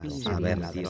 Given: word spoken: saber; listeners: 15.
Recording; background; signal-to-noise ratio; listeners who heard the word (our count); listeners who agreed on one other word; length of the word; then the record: one Spanish word in noise, from a listening test; four-talker babble; -0.4 dB; 1 of 15; 9 of 15; 0.50 s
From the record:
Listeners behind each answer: 9, 3, 1, 1, 1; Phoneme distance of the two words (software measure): 7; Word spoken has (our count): 2 syllables, 5 phonemes, stress on syllable 2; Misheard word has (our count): 2 syllables, 4 phonemes, stress on syllable 2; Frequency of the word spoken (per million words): 200.86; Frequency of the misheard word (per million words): 354.94